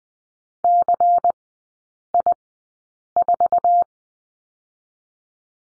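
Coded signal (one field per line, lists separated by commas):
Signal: Morse code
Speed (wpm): 20 wpm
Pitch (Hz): 700 Hz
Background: none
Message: CI4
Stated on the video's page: Morse code course lesson on the letter C in three-character groups, sent at Farnsworth speed 20/10 wpm.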